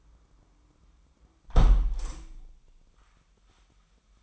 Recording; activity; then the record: daily activity, microphone in the room; close window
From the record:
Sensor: 1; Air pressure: 998.6 hPa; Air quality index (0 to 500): 126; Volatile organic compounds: 3 ppm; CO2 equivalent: 1518 ppm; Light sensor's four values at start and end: 8/20/8/10 and 8/19/8/9